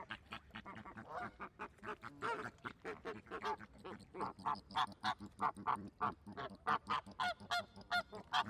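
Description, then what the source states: Flamingo honking, a steady chorus of short nasal goose-like calls in quick succession, some louder and clearer honks standing out in the second half. Flamingos in a zoo park.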